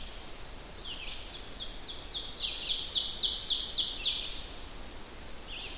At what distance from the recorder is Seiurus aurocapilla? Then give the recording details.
about 20 m. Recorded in boreal forest in Alberta, Canada, on 10 June 2016 at 06:57. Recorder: SongMeter 3, array SBT-3-39. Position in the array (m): 196 m, 89 m. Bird 17